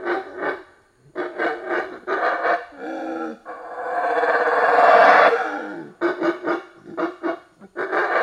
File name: felix blume animal monkey loud calling in forest